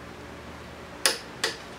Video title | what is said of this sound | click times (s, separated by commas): MICHAEL HEIT PROPELLER INSTALLATION | there's the click | 1.1 s, 1.4 s